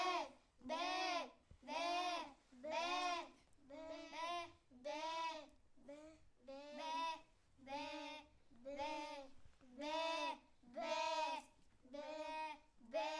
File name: l angoisse des moutons pendant la tonte